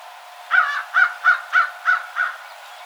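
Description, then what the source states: American crow giving a run of six harsh caws, evenly spaced about every third of a second. Recorded 12 March 2007.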